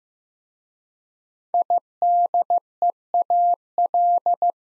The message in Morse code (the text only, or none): IDEAL